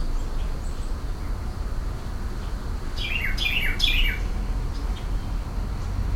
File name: Thryothorus ludovicianus song